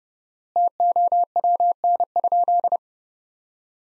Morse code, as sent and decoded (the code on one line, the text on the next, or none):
- --- .-- -. ..--..
TOWN?